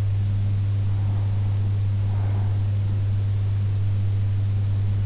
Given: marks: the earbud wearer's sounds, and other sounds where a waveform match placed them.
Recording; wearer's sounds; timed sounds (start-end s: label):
sounds in sleep by an in-ear microphone; breath
1.05-3.05 s: breath